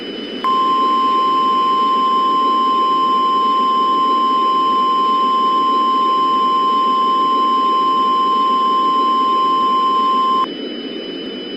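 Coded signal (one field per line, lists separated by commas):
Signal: Emergency Alert System (SAME) tones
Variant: 1050 Hz attention tone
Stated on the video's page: Fictional emergency alert scenario depicting a nuclear power plant disaster, not a real activation.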